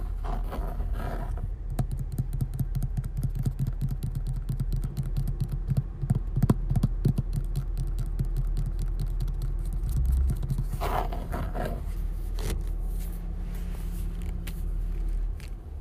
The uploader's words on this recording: Steering Wheel ASMR. Steering wheel gripping. Assortment of steering wheel sounds.